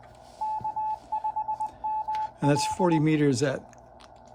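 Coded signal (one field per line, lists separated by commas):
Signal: Morse code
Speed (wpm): 21 wpm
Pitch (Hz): 860 Hz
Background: speech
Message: K5ML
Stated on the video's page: CW sent with a homemade key built from old relay contacts, on an Elecraft KBT1 / K1 QRP rig.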